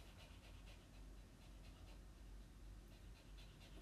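Quiet, quick rhythmic panting from a dog, faint against a low room hum.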